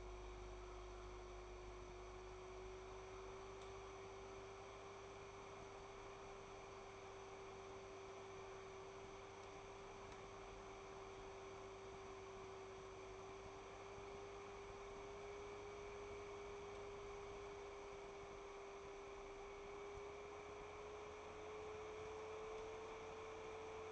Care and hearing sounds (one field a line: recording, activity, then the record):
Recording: daily activity, microphone in the room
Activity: make coffee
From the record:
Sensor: 1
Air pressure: 1014.8 hPa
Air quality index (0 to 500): 188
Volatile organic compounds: 25 ppm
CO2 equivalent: 2847 ppm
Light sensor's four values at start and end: 4/10/3/3 and 4/10/3/3